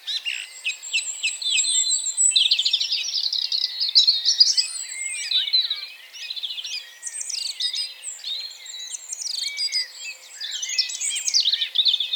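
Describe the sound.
Bird song with a long high whistle at the start, then busy overlapping chirps and warbling phrases from several birds.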